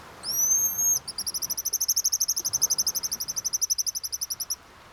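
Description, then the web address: Pigeon Guillemot call: a thin, high whistle, then a rapid, even series of piping notes lasting over three seconds. "BIRD NOTE. Pigeon Guillemots"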